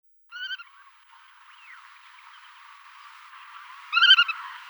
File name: Limosa limosa